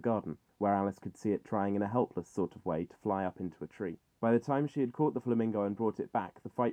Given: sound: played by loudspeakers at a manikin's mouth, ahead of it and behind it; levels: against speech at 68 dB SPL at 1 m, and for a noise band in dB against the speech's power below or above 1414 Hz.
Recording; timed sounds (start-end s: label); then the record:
test signals for a remote microphone
0.00-6.73 s: man speaking
From the record:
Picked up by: measurement microphone